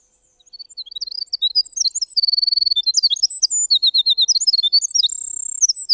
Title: Winter Wren